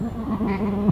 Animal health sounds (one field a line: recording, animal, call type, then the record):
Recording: contact call of a hoofed animal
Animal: goat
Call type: low-frequency (closed-mouth) or high-frequency (open-mouth) call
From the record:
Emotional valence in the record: negative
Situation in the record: short social isolation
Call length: 0.92 s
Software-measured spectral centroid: 1420 Hz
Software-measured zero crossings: 730 a second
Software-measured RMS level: -23 dBFS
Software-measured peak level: -7 dBFS